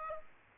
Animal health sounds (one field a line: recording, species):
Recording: mosquito wingbeat signal from an infrared sensor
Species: Aedes aegypti